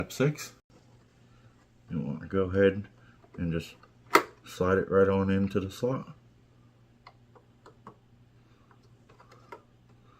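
Someone talks while an M.2 SSD is lined up and slid toward the expansion slot of a PS5 console. After the talking stops, a few light ticks of handling noise come between about 7.1 and 9.5 seconds. Nothing has seated or clicked yet.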